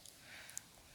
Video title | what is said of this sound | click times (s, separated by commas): Studio Series Deluxe Class Dropkick Video Review | then lift this section up pull it out until it snaps or clicks | 0.6 s